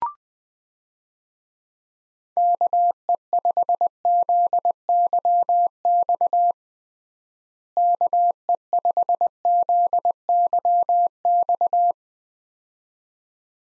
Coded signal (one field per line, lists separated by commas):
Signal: Morse code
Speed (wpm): 20 wpm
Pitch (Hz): 700 Hz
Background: none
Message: KE5ZYX KE5ZYX